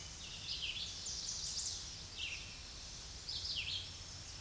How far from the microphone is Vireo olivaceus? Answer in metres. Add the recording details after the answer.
about 15 m. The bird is about 10 m above the microphone. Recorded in a Pennsylvania forest on 16 May 2024 at 07:48. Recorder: AudioMoth, point MSD-2083. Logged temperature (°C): 16.7 °C. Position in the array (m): 149 m, 29 m